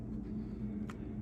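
A screwdriver turns the cam of a window sash balance shoe a quarter turn counterclockwise in the window jamb, after the shoe has been raised to the height of the other side. Over a steady low rumble, a faint hit is heard at 0.9 s as the cam turns. The balance shoe is locked in the jamb.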